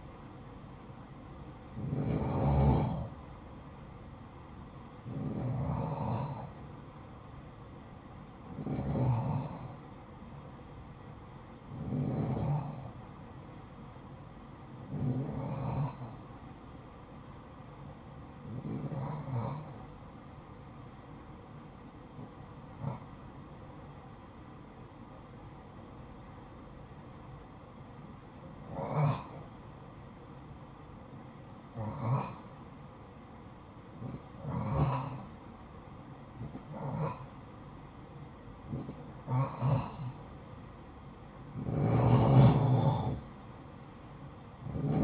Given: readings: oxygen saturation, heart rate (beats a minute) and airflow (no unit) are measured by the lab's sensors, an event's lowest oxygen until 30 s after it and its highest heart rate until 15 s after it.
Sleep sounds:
breathing in sleep by a smartphone at the bedside; 1
19.00-40.80 s: hypopnea (N2, oxygen 93% highest, then 89% lowest, heart rate 55 at the start, 62 highest)
From the record:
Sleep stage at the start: N2 (light sleep); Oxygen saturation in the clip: 90 to 93%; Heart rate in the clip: 54 to 64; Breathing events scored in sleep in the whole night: 573 in 9.8 hours asleep

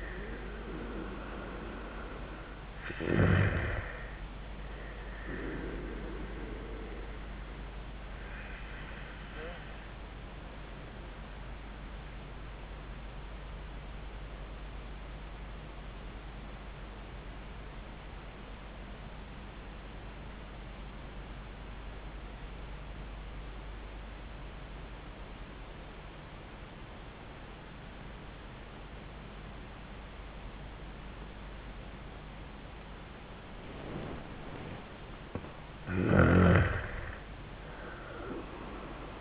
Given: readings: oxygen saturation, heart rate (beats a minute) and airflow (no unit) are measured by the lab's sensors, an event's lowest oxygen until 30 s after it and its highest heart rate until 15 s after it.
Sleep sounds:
breathing in sleep by a voice recorder at the bedside; 1
13.00-34.70 s: obstructive apnea (N1, oxygen 97% highest, then 85% lowest, heart rate 83 at the start, 88 highest)
From the record:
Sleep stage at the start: N1 (lightest sleep); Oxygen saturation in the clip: 85 to 97%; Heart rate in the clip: 79 to 88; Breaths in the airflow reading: 4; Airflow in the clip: -17.4 to 11.1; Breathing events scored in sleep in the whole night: 400 in 8.7 hours asleep

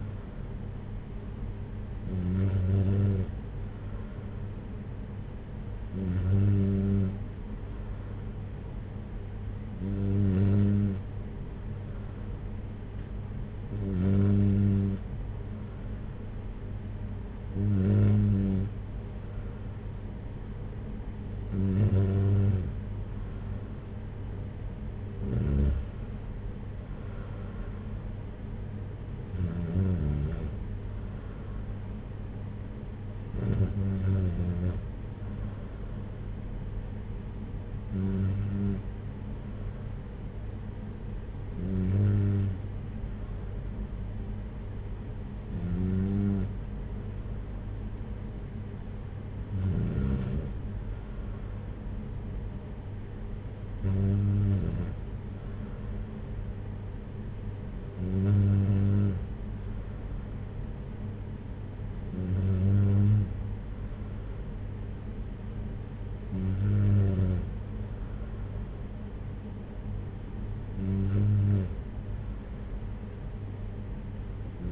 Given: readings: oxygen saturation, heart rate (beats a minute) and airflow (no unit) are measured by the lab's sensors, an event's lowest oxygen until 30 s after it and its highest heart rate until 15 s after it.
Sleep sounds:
breathing in sleep by a smartphone at the bedside; none
none scored
From the record:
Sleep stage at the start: N3 (deep sleep); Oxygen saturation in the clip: 94 to 95%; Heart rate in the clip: 55 to 63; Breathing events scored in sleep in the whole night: 226 in 8.8 hours asleep

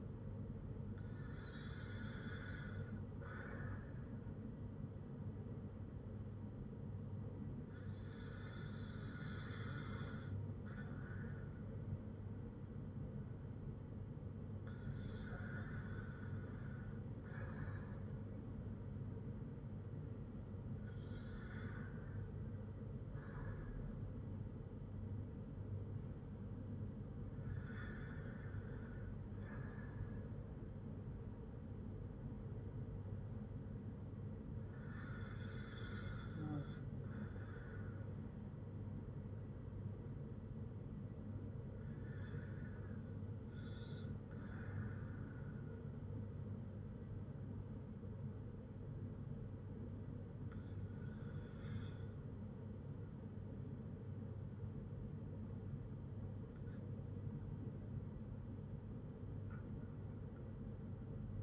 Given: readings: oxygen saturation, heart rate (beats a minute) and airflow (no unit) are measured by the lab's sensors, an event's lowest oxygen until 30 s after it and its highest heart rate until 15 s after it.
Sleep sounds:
breathing in sleep by a smartphone at the bedside; none
none scored
From the record:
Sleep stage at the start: N2 (light sleep); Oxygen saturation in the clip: 95 to 96%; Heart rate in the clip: 55 to 61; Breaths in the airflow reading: 9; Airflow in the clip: -3.9 to 4.0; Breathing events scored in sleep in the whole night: 182 in 7.4 hours asleep

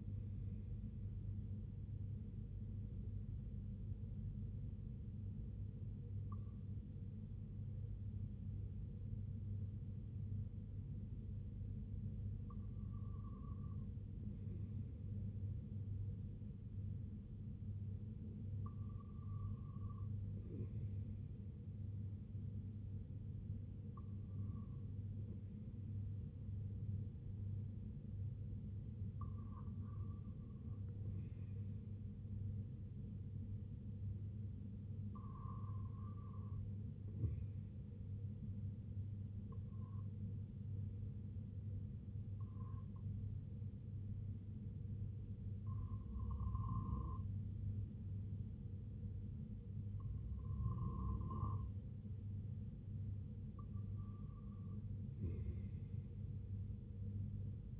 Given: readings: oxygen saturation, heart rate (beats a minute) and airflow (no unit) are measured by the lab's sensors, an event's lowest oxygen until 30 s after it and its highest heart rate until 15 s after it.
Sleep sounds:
breathing in sleep by a smartphone at the bedside; none
none scored
From the record:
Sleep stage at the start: REM sleep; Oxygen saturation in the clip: 96 to 97%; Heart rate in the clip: 60 to 72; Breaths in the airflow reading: 10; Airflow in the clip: -8.5 to 3.4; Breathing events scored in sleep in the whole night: 258 in 7.4 hours asleep

